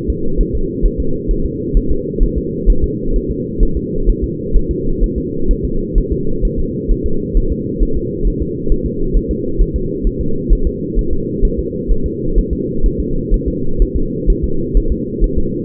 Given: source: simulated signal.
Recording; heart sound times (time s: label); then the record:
fetal heart sounds
0.10 s: S2
0.41 s: S1
0.55 s: S2
0.86 s: S1
1.00 s: S2
1.31 s: S1
1.46 s: S2
1.77 s: S1
1.91 s: S2
2.23 s: S1
2.38 s: S2
2.70 s: S1
2.84 s: S2
3.16 s: S1
3.31 s: S2
3.63 s: S1
3.77 s: S2
4.09 s: S1
4.24 s: S2
4.56 s: S1
4.71 s: S2
5.04 s: S1
5.18 s: S2
5.51 s: S1
5.65 s: S2
5.98 s: S1
6.12 s: S2
6.45 s: S1
6.59 s: S2
6.91 s: S1
7.06 s: S2
7.37 s: S1
7.52 s: S2
7.83 s: S1
7.97 s: S2
8.27 s: S1
8.42 s: S2
8.72 s: S1
8.86 s: S2
9.16 s: S1
9.31 s: S2
9.62 s: S1
9.76 s: S2
10.07 s: S1
10.21 s: S2
10.53 s: S1
10.67 s: S2
10.99 s: S1
11.13 s: S2
11.45 s: S1
11.59 s: S2
11.91 s: S1
12.06 s: S2
12.38 s: S1
12.53 s: S2
12.86 s: S1
13.00 s: S2
13.34 s: S1
13.48 s: S2
13.82 s: S1
13.97 s: S2
14.30 s: S1
14.44 s: S2
14.77 s: S1
14.92 s: S2
15.24 s: S1
15.38 s: S2
From the record:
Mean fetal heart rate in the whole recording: 130 bpm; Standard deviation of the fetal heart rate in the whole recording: 2 bpm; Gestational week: 38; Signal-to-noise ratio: -8.1 dB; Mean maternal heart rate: 72 bpm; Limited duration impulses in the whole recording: absent